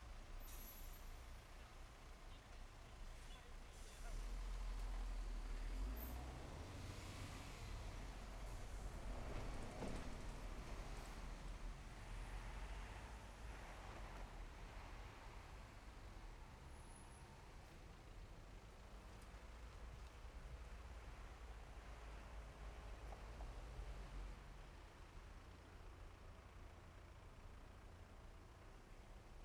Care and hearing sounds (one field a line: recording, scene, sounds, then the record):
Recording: everyday scene through a hearing-aid microphone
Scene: in traffic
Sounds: traffic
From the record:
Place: main road on the outskirts, rush hour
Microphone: behind the ear, left, front